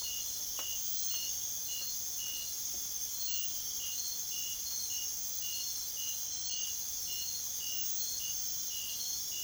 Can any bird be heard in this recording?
no